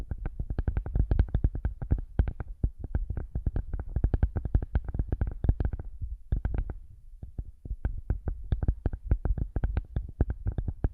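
ASMR massage triggers picked up through headphones: rapid, dense tapping and rubbing thuds with deep low bumps, easing briefly around six seconds.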